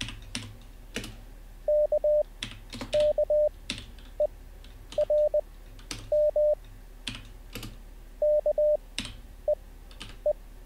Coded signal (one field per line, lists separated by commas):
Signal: Morse code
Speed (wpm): 20 wpm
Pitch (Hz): 600 Hz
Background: none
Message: KKERM KEE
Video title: How to Learn Morse Code Live with N0SSC (Day 1)